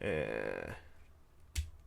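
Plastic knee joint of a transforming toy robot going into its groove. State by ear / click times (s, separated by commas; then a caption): seated / 1.6 s. The double-jointed plastic knee of a transforming toy robot figure is worked and eased into its groove while someone talks. A sharp snap-like click at 1.6 s shows the knee joint has seated in place.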